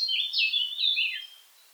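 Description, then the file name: Eurasian blackcap song: one loud, clear fluty phrase of swooping notes that drops at the close and fades out within two seconds. "Sylvia atricapilla"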